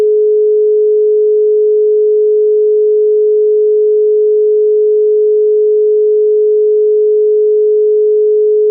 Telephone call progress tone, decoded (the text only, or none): dial tone